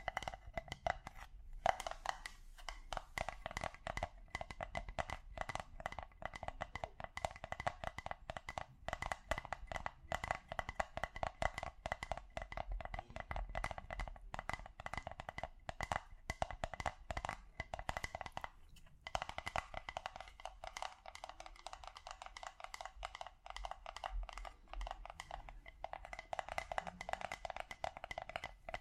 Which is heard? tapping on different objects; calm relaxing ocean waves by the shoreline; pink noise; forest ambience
tapping on different objects